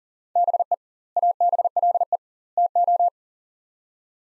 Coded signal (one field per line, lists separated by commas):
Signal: Morse code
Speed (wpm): 40 wpm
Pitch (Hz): 700 Hz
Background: none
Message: BE ABLE TO